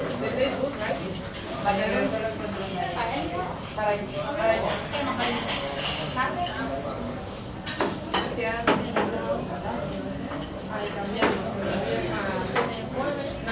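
Exotic chatter in a Barcelona bar: overlapping voices talk steadily throughout, with sharp clinks and knocks of dishes around the eighth and ninth seconds.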